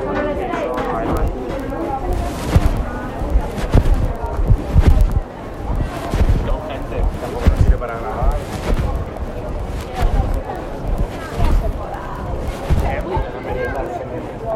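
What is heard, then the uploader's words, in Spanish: A busy city square with a dense, steady murmur of many voices, broken by sharp clacks and knocks every second or two. XVI. Piazza del Popolo. La Piazza del Popolo cuando nos acercamos a la basílica de Santa Maria.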